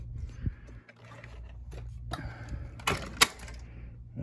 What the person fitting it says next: it clicks back in